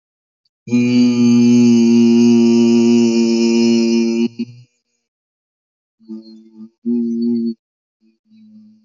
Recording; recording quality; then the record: sustained vowel as in beet; excellent, no background noise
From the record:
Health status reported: healthy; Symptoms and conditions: none ticked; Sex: male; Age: 33 years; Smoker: not ticked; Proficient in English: yes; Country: India